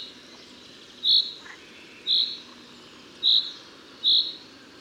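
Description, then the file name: Common chaffinch giving short, high, clear call notes, four of them, over a steady low background hiss. "Fringilla coelebs"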